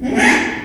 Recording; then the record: squeal of a Yucatan mini pig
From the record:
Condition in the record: after surgery on the right vocal fold (resection and tissue-engineered implant); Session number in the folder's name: 4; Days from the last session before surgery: 42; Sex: male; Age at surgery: 12 weeks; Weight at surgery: 13 kg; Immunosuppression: cyclosporine, prednisolone